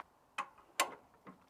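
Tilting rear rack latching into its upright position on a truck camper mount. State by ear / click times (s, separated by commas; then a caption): seated / 0.4 s, 0.8 s. A tilt-down rear rack on a truck camper mount is swung back up into its upright travel position and latches with two sharp metal snaps at 0.4 s and 0.8 s, followed by a fainter tap near 1.3 s. The rack snaps back into place and is seated.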